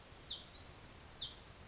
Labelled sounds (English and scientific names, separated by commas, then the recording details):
Hutton's Vireo (Vireo huttoni)
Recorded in Sonoma County, California